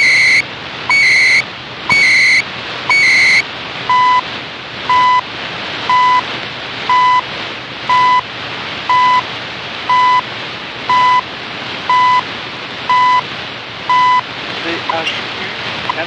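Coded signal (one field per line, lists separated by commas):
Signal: radio time signal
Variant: CHU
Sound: short tick every second; first four ticks followed by warbling data bursts, later plain 1 kHz ticks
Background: radio static, car noise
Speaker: and now here's the sound as I'm driving away from the site with the signal fading away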